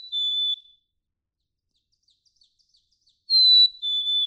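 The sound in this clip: Black-capped chickadee song: two-note whistled phrases, high then lower, heard twice with faint soft chips in the pause between.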